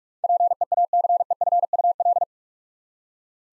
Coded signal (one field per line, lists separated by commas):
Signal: Morse code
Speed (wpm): 46 wpm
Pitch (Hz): 700 Hz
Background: none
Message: PEACEFUL